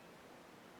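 An Emerson MICRO Commander folding pocket knife's blade is being closed toward the detent in its handle, the catch meant to hold it shut. Only a steady, even broadband hiss is heard, with no sharp transients. Nothing has seated or clicked yet.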